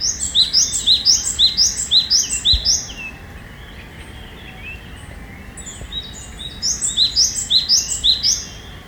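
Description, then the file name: Japanese tit song of bright two-syllable phrases delivered in a rapid series of several, a quiet gap, then another burst of the same phrases. "sijukara"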